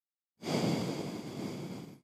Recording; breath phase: one breath near a microphone; exhalation